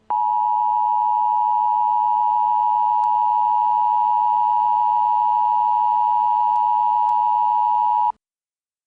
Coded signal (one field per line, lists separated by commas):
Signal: Emergency Alert System (SAME) tones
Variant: 853 and 960 Hz attention tone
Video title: The Terrorist Attack: An EAS Scenario